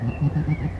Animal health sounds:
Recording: contact call of a hoofed animal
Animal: goat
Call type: low-frequency (closed-mouth) or high-frequency (open-mouth) call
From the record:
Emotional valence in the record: negative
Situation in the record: short social isolation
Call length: 0.80 s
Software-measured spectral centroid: 1200 Hz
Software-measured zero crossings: 630 a second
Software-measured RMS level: -24 dBFS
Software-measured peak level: -12 dBFS

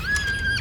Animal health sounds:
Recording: contact call of a hoofed animal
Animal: Przewalski's horse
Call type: whinny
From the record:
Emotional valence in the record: positive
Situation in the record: food anticipation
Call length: 0.61 s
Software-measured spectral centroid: 3700 Hz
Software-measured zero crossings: 3580 a second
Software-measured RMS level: -24 dBFS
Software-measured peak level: -11 dBFS

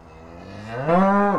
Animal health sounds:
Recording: contact call of a hoofed animal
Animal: cattle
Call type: low-frequency (closed-mouth) or high-frequency (open-mouth) call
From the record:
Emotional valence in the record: negative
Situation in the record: full separation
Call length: 1.39 s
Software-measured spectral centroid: 1040 Hz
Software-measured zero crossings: 1500 a second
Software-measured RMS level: -21 dBFS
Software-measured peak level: -6 dBFS

